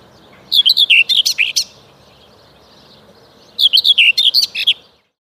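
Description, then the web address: Common whitethroat singing two brisk, scratchy warbled phrases of about a second each, separated by a pause of roughly two seconds. "Przyroda Ptaki Cierniówka"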